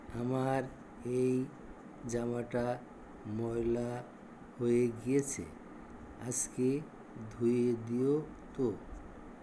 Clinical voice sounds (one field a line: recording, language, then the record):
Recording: elicited speech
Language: Bengali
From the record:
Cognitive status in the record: dementia